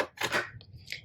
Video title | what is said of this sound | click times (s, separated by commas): OH NO, DID MY CONVERTED EPSON ET-8550 SURVIVE MY VACATION? DIRECT TO FILM DTF - PRINTER MAINTENANCE | and then you should hear it click you want it to be flushed again so you don't want to be able to push it anymore okay | 0.9 s